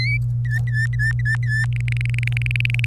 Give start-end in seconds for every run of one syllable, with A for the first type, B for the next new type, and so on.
0.00-0.17 A, 0.45-1.66 B, 1.72-2.85 C